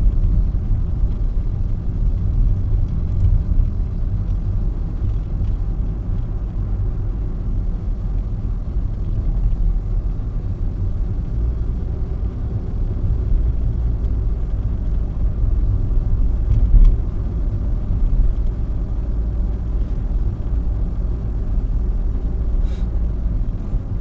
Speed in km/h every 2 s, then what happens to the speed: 30, 29, 30, 32, 32, 32, 38, 39, 40, 41, 41, 42.
0-24 speeds up to 42.